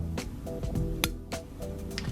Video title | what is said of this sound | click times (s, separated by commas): Graflex Bulb Socket Assembly Instructions | just like that you should hear a snap and the e clip is firmly locked | 1.0 s